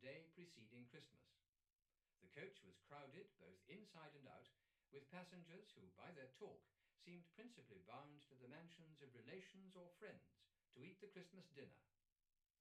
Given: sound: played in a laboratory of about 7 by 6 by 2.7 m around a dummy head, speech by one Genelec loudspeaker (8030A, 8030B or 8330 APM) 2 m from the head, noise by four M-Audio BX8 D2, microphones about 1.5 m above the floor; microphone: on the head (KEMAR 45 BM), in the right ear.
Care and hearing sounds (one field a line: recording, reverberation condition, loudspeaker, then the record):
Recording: male speech in English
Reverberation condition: low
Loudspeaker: 30 degrees to the left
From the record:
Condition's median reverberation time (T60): about 310 ms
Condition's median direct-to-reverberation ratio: about 3.5 dB